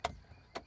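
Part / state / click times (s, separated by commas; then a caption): door handle and lock cable ends into the inner door panel handle assembly / seated / 0.1 s, 0.6 s. On a Lexus GX470 rear door, the door handle and lock cable ends are reconnected into the inner door panel's handle assembly during a rear door speaker replacement. Two sharp clicks sound at 0.1 s and 0.6 s, and the cables are seated.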